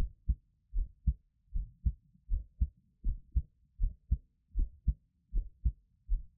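Steady paired low thuds, lub-dub, about 80 beats a minute: an adult heartbeat heard up close.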